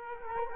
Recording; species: mosquito wingbeat signal from an infrared sensor; Culex quinquefasciatus